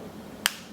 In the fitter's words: and gives that nice satisfying click at the end i mean you don't even